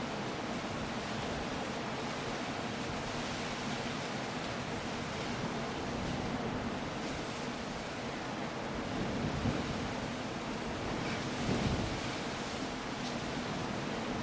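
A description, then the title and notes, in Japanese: Waves crash against rugged cliffs while rain falls on the ground, forming a dense, steady wash of water noise. Surges swell briefly around nine and again near twelve seconds. The roar stays full across low and high tones throughout, with no quiet gaps. 海岸の嵐。イングランドの南西海岸の荒涼とした海岸線。波が荒々しい崖に打ち寄せ、雨が大地で踊る。雨粒のリズムと嵐のような海の穏やかなメロディ。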